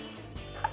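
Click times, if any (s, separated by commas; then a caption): none. A plastic lower trim cover is handled against the side mirror housing of a 2019-2023 RAM 1500 truck while being refitted. Faint handling rustles and a brief tonal tick are heard over a low steady hum, and nothing has seated or clicked into place yet.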